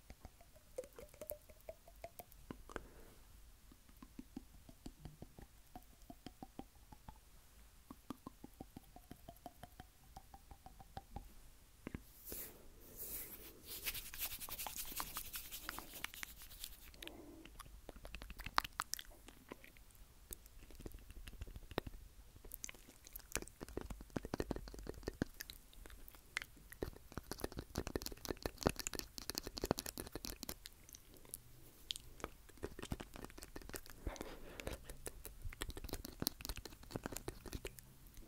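Teeth tapping together in quick, dense clicks, the pace shifting between rapid runs and slower stretches. Sharp, bright ticks dominate, with a louder hissing burst around 12–16 seconds and faint whistling tones early on. The tapping continues busily to the end.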